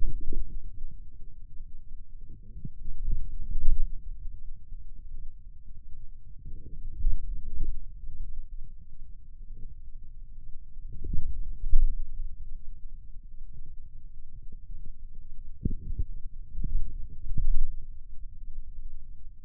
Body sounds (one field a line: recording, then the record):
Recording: forearm muscle sounds (acoustic myography)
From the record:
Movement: wrist extension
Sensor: system 2, bracelet of six BSWA MPA416 microphones around the upper forearm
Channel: 2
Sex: male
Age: 22 years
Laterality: right